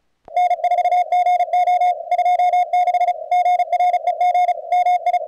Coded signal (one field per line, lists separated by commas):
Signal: Morse code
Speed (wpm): 33 wpm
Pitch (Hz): 660 Hz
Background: radio noise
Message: N4GO 26 GREG MI